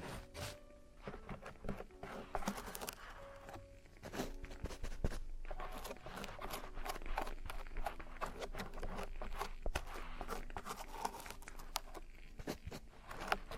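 Traditional Chinese ear cleaning and earwax removal: dense, constant scraping and crackling with sharp clicks throughout, plus brief faint tones near the start.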